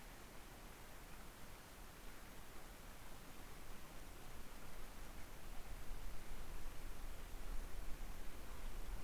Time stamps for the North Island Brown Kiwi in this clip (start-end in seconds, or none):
none